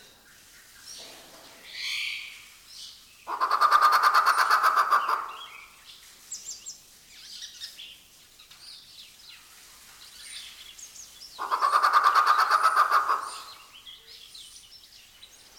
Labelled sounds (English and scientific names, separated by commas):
Grey Peacock-Pheasant (Polyplectron bicalcaratum)